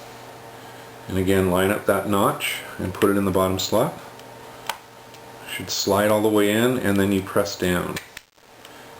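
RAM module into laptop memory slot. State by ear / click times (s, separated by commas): seated / 8.2 s, 8.7 s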